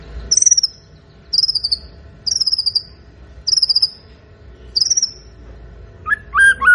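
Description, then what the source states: White-rumped shama song: five sharp, downslurred notes at roughly one- to one-and-a-half-second intervals, followed by a lower, warbling whistled phrase at the end. Actively singing bird used as a lure to provoke a response from other birds.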